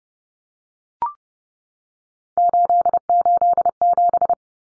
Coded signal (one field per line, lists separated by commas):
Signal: Morse code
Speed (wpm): 30 wpm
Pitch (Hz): 700 Hz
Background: none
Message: 887